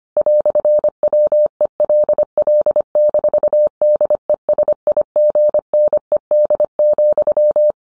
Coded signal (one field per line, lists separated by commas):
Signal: Morse code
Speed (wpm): 25 wpm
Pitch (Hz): 600 Hz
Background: none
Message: "WELL-DESIGNED,